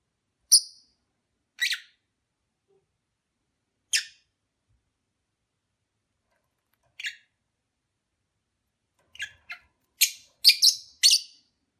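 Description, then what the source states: Lovebird calls as sparse, thin chirps with long gaps, then a quicker string of shrill notes near the end. Lovebird sounds recorded during a mating ritual.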